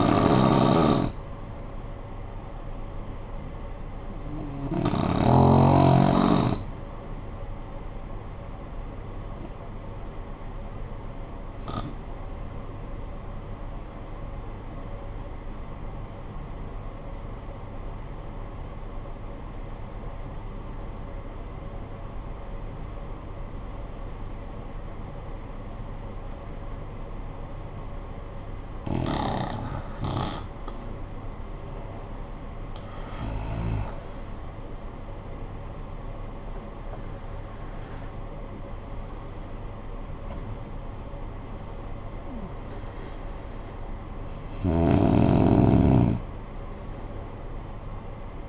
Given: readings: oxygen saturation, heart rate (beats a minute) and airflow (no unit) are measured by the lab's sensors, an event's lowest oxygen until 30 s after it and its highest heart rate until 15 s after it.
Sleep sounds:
breathing in sleep by a smartphone at the bedside; 1
13.00-32.50 s: obstructive apnea (REM, oxygen 92% highest, then 74% lowest, heart rate 53 at the start, 76 highest)
From the record:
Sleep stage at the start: REM sleep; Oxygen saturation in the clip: 75 to 92%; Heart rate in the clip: 49 to 76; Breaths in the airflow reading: 6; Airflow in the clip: -14.1 to 16.6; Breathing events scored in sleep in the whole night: 445 in 7.6 hours asleep

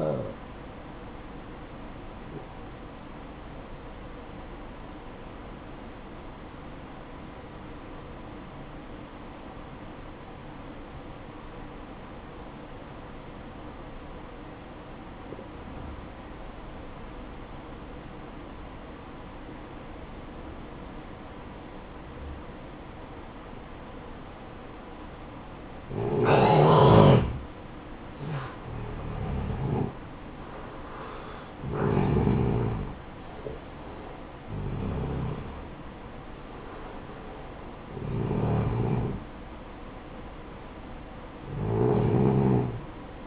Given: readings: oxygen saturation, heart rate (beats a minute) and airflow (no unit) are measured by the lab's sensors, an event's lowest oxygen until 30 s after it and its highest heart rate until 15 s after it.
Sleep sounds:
breathing in sleep by a voice recorder at the bedside; 1
6.00-25.50 s: obstructive apnea (N1, oxygen 93% highest, then 87% lowest, heart rate 58 at the start, 66 highest)
7.00-37.00 s: new sleep stage, N2 (light sleep)
37.00-43.27 s: new sleep stage, N1 (lightest sleep)
From the record:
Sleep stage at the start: N1 (lightest sleep); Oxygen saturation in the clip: 89 to 93%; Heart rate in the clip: 54 to 66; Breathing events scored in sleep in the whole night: 573 in 9.8 hours asleep

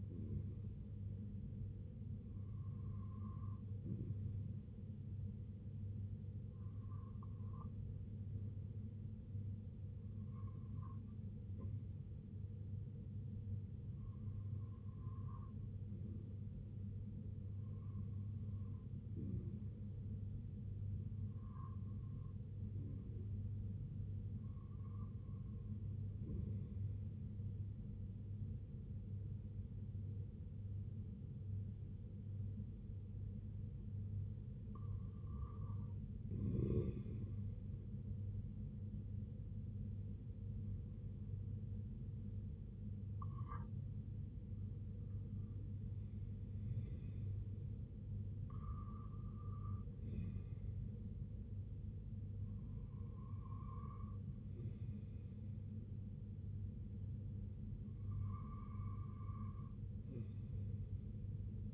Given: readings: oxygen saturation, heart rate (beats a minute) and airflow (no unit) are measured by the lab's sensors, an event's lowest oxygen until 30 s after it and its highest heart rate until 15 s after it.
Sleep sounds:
breathing in sleep by a smartphone at the bedside; 1
10.00-25.60 s: hypopnea (REM, oxygen 97% highest, then 93% lowest, heart rate 63 at the start, 73 highest)
From the record:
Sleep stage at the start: REM sleep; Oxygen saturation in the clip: 92 to 97%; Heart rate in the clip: 59 to 79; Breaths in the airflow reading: 13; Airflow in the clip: -11.6 to 6.3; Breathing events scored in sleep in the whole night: 258 in 7.4 hours asleep

